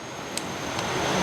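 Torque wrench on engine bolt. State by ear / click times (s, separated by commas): torque reached / 0.4 s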